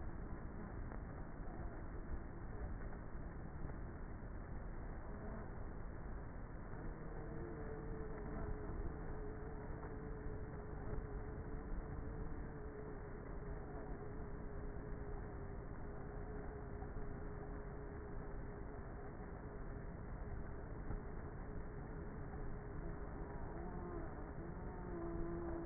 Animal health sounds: honeybee colony, microphone inside the hive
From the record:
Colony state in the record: queenless with a low population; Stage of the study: before two queens were removed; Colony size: about 30,000 bees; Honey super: no

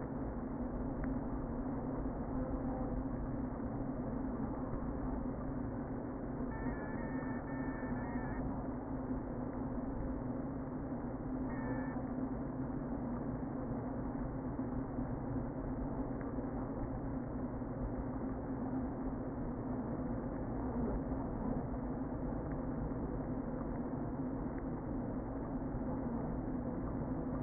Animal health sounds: honeybee colony, microphone inside the hive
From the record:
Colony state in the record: queen present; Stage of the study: before two queens were removed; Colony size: about 60,000 bees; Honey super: yes

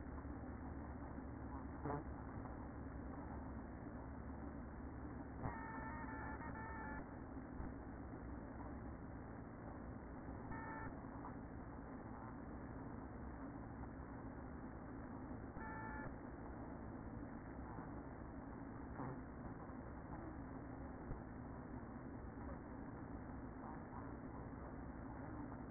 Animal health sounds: honeybee colony, microphone inside the hive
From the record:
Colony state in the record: queen present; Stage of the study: after two queens were removed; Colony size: about 60,000 bees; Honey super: yes

